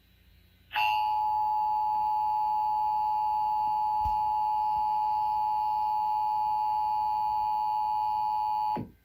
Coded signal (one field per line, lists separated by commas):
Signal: Emergency Alert System (SAME) tones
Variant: 853 and 960 Hz attention tone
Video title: Iowa EAS Required Monthly Test (March 4, 2020)